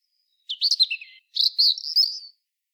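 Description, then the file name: European robin singing two quick phrases of high, tinkling warbled notes, the second more drawn-out and trilling, with nothing else heard. "Erithacus rubecula"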